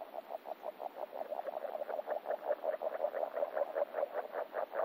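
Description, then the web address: Agile frog producing a fast string of muffled, knocking notes that build slightly in strength, repeated steadily throughout. Recorded in France. "amphibians-in-france Agile frog"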